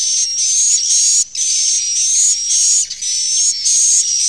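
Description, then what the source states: Swiftlet calls: loud, high, buzzy chirps with a thin whistled overtone, repeated in tight runs broken by two short silences. Sound used for swiftlet farming in Asia.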